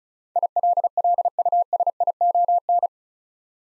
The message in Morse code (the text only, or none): ILLUSION